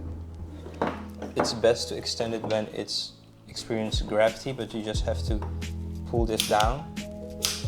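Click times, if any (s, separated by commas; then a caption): 7.4 s. A folding Micro Vario Carbon Antishock trekking pole is extended by pulling its folded carbon segments down until the push-button lock snaps into place. Someone talks over music in the background, and the segment sharply clicks into its lock on the next segment at 7.4 s, seating it.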